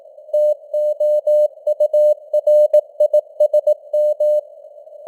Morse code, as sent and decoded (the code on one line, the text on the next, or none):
- --- ..- .-. .. ... --
TOURISM